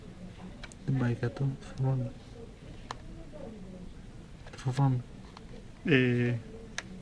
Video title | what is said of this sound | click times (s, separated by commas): Unibody MacBook RAM Upgrade | δεν έχει μπει καλά για βάλε το ανάποδο | 6.8 s